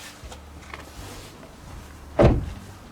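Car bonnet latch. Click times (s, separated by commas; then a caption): 2.2 s. On a Hyundai Tucson, the bonnet release lever on the driver's side under the steering wheel is pulled once. After a faint tick at 0.7 s, a sharp, loud click at 2.2 s sounds as the bonnet latch pops open, and the bonnet is released.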